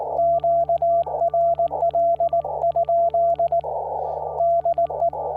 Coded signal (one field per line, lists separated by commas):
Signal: Morse code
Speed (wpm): 19 wpm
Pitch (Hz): 680 Hz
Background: radio noise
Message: QRL? DE